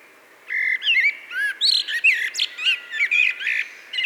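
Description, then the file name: Common blackbird giving a busy run of fluty and twittering notes in quick overlapping bursts with little pause between them. "Turdus merula"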